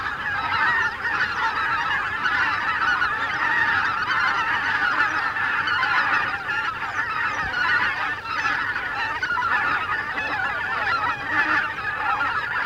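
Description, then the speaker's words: Greater white-fronted goose: greater white-fronted geese in a massive flock, an unbroken chorus of yelping honks layered over one another for the whole stretch. Flocks of thousands of geese flying over a river island, making a great din. "Какой гвалт! Это тысячные стаи белолобых гусей носятся"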